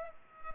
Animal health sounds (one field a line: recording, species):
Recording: mosquito wingbeat signal from an infrared sensor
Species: Culex pipiens